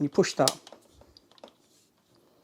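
Someone talks briefly while handling the extension handle of a Moolan steam mop, turning it and pushing it toward the mop's main body, with a few faint handling ticks around 1.2–1.5 seconds. The clip ends before the handle locks into the main body, so nothing has seated or clicked yet.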